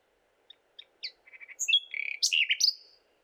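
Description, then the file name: Common nightingale singing: soft introductory notes building into a rich jumble of whistled and chattering high phrases. "Luscinia megarhynchos"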